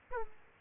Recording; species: mosquito wingbeat signal from an infrared sensor; Aedes aegypti